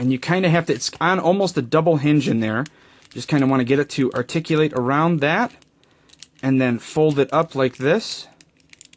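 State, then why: Not seated. Someone talks while folding up the hinged plastic panel of an MP-27 Masterpiece Ironhide transforming robot figure, working it around a double hinge into the figure's body. Short, light plastic clicks of handling come around 5.8–6.2 s and 8.6–8.9 s. Nothing has snapped into place or seated yet.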